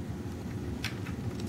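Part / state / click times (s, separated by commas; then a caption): minifigure into toy car seat stubs / not seated / none. A plastic minifigure is pushed onto the small stubs inside a toy car, making brief light plastic ticks at about 0.8, 1.4 and 1.5 seconds over a low steady rumble. The figure does not click into place; it pops back up and nothing seats.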